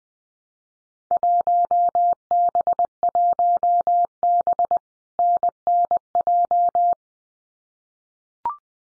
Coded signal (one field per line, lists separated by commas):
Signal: Morse code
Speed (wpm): 19 wpm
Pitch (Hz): 700 Hz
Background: none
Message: 1B1B NNJ